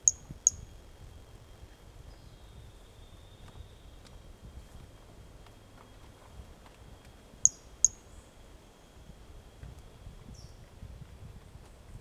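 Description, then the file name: Pumpkin toadlet calls: a pair of sharp high chirps at the start, another pair about seven seconds later, then a fainter note, with a steady thin tone behind. Individual 05 recorded 18 January 2018; first note of the call missing; animal not collected. "Brachycephalus mirissimus 18 jan 2018 individual 05 ex 01 fist note missing L F Ribeiro not collected"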